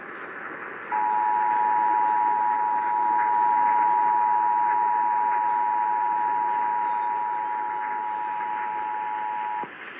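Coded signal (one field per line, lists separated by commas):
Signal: Emergency Alert System (SAME) tones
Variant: 853 and 960 Hz attention tone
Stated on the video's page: Illinois Required Monthly Test originated by the state emergency management agency and relayed on all Illinois radio and TV stations.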